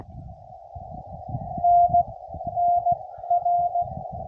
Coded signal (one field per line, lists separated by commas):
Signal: Morse code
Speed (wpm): 16 wpm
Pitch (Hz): 700 Hz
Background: radio noise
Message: N N R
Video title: CW Pota Activation US-11199